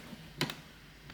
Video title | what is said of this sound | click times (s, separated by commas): Review: De-Banned Norinco NHM-90 and MAK-90 PT. II | right up like that that snaps in place and it's | 0.4 s